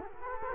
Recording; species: mosquito wingbeat signal from an infrared sensor; Culex quinquefasciatus